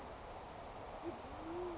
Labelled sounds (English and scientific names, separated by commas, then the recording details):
Band-tailed Pigeon (Patagioenas fasciata)
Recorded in Sonoma County, California